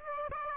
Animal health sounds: mosquito wingbeat signal from an infrared sensor; Aedes aegypti

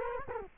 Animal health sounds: mosquito wingbeat signal from an infrared sensor; Culex quinquefasciatus

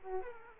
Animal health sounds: mosquito wingbeat signal from an infrared sensor; Aedes aegypti

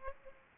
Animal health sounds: mosquito wingbeat signal from an infrared sensor; Aedes aegypti

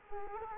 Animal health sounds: mosquito wingbeat signal from an infrared sensor; Culex quinquefasciatus

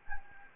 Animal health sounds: mosquito wingbeat signal from an infrared sensor; Anopheles gambiae

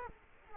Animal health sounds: mosquito wingbeat signal from an infrared sensor; Culex quinquefasciatus

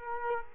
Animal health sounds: mosquito wingbeat signal from an infrared sensor; Culex quinquefasciatus

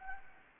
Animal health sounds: mosquito wingbeat signal from an infrared sensor; Anopheles gambiae

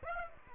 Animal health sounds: mosquito wingbeat signal from an infrared sensor; Aedes aegypti

